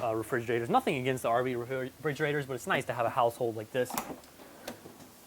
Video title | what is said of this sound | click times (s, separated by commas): 2006 American Eagle 45H SOLD!! | locks in place check that out this is thought out for RVs so | 4.7 s